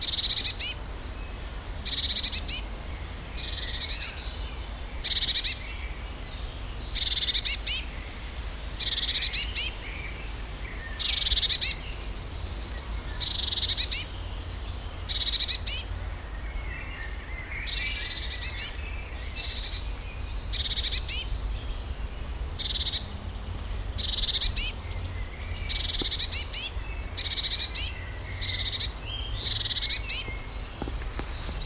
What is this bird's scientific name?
Cyanistes caeruleus